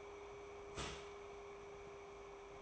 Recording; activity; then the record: daily activity, microphone in the room; start toaster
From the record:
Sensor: 1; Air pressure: 1014.7 hPa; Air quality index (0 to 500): 200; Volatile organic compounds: 33 ppm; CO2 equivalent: 3024 ppm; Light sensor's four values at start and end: 3/8/3/3 and 3/8/3/3